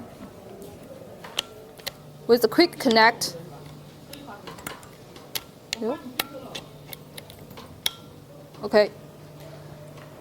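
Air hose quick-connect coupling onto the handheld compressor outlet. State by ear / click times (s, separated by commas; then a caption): seated / 7.9 s. An air hose's quick-connect coupling is pushed onto the outlet fitting of an SCU 70 handheld DC 12 V air compressor for a hookah breathing system while someone talks, with scattered small ticks and taps around it. A sharp, loud click at 7.9 s marks the coupling locking in, and it is seated.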